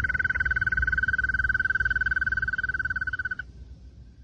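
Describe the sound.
Toad trilling: a long steady high trill of rapid pulses, holding level for over three seconds, then stopping abruptly, leaving a low background rumble.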